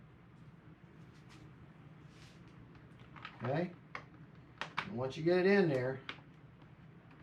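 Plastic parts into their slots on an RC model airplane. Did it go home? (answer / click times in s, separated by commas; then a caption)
no / none. Plastic parts on a foam RC jet are handled and pushed toward their one-way slots during assembly, with soft handling noise and a few short taps while someone talks. The clip ends just before the parts go home, so nothing has seated or clicked yet.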